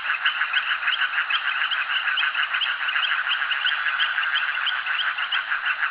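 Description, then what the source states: Frogs in chorus, loud rhythmic pulsed calls from overlapping callers creating a continuous throbbing texture. Frogs calling at a jetty.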